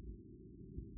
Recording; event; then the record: neck accelerometer signal played as sound; no cough (speech, laughter, throat clearing or background)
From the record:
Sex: male